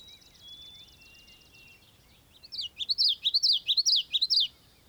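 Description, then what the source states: Bird song opening with a thin, fast, even trill and a soft drawn whistle, then a loud run of about a dozen sharp chirping notes swinging up and down. European marsh.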